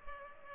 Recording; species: mosquito wingbeat signal from an infrared sensor; Culex pipiens